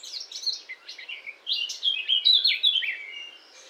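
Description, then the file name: Eurasian blackcap warbling song, soft chattering notes at first, then louder, clearer descending fluty phrases in a short burst. "Sylvia atricapilla"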